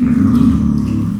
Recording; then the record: squeal of a Yucatan mini pig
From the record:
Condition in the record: after surgery on the right vocal fold (resection and tissue-engineered implant); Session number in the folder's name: 13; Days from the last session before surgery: 113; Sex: female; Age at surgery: 19 weeks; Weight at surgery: 25 kg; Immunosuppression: prednisolone